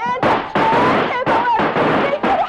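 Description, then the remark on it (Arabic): A loud volley of gunshots fired in a shootout scene of a radio drama, five or six sharp bursts in quick succession, each trailing into a harsh echoing rumble, with a raised voice briefly audible between the shots. “ابعد يا سميره، احسن رصاص الكلب ده يجي فيكي.”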